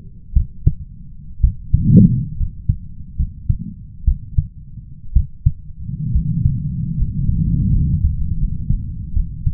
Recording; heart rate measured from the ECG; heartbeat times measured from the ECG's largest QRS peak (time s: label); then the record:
heart sounds by stethoscope; 68 bpm
0.33 s: heartbeat
1.41 s: heartbeat
2.37 s: heartbeat
3.16 s: heartbeat
4.04 s: heartbeat
5.13 s: heartbeat
6.12 s: heartbeat
6.96 s: heartbeat
7.71 s: heartbeat
8.37 s: heartbeat
9.13 s: heartbeat
From the record:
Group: healthy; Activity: rest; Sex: male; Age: 21 years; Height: 170 cm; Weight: 71 kg